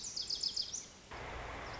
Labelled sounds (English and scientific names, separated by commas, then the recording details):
Lazuli Bunting (Passerina amoena)
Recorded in Sonoma County, California